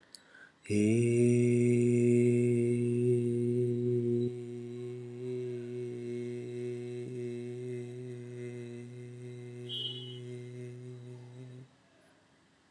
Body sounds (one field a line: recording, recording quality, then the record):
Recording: sustained vowel as in made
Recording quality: excellent, no background noise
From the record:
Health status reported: COVID-19 positive, mild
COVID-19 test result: positive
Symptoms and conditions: sore throat, fever, fatigue, muscle pain, loss of smell and taste, diarrhoea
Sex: male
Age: 35 years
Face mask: not worn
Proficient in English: yes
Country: India